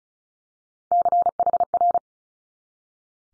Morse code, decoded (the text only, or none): CHR